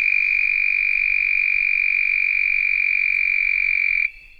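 Red-spotted toad giving a long, high, unwavering trill that runs for about four seconds and then stops abruptly, leaving only faint sound behind.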